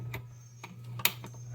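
A SnugTop camper shell's rear window lock on a truck is released by pushing it. After a few faint ticks, it unlocks with a sharp click at 1.1 seconds.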